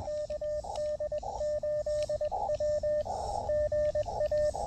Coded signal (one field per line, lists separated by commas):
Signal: Morse code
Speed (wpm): 21 wpm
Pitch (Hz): 590 Hz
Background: radio noise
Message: KD8W GA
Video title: A Quick POTA Activation Before Closing Time at President James Polk State Historic Site!